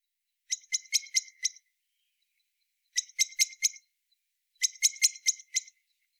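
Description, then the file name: Common blackbird repeating quick bursts of metallic chinks, three clusters of several notes separated by short silences. "Turdus merula"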